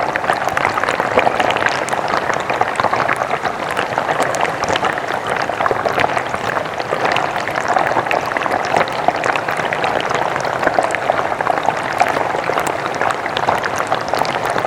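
Rushing water pours steadily with a dense, even hiss that never lets up across the whole stretch. The sound sits mostly in the middle and upper range, with fine crackling and splashing detail and little low rumble.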